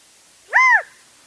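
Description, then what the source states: Mountain Quail giving one short, loud call, a clear arched note that rises and falls, rich in overtones. Call played back; heard far up a mountainside in oak chaparral.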